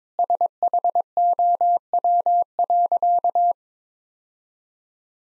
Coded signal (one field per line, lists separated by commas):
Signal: Morse code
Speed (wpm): 22 wpm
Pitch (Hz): 700 Hz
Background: none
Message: SHOW.